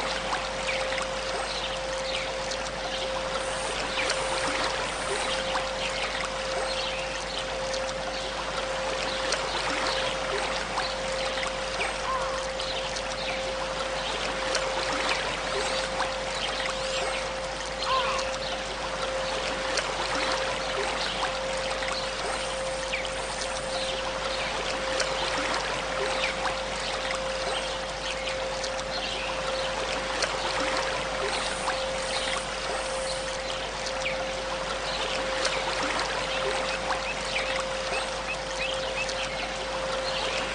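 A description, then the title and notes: A river rushes steadily, full of quick bright splashes and trickles, with a faint constant hum running underneath throughout. River, forest.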